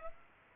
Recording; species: mosquito wingbeat signal from an infrared sensor; Aedes aegypti